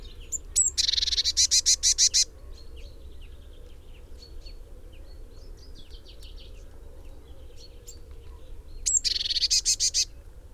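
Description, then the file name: Eurasian blue tit giving two harsh, buzzy churring bursts of rapid pulses, one early and one near the end, with faint high twitters between and steady low rumble beneath. "Cyanistes caeruleus"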